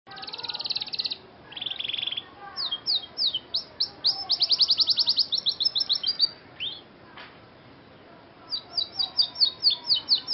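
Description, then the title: Scotch Fancy canary singing a varied song of rapid trills and repeated descending whistled notes, with a short pause before a final run of quick falling notes. Scotch Fancy canary singing loudly and continuously in an elaborate cengkok mewah (luxurious melodic phrasing) song style. "Cengkok Kenari Mewah. KENARI SCOTCH FANCY GACOR CENGKOK MEWAH"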